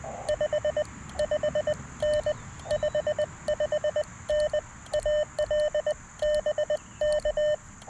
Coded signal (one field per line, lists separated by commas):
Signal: Morse code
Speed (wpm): 21 wpm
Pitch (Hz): 620 Hz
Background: none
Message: 5 5N 55N AL BK